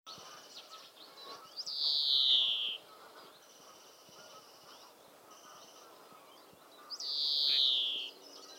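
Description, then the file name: European greenfinch giving long, buzzy, nasal wheezes that slide downward, two of them about five seconds apart. "Chloris chloris"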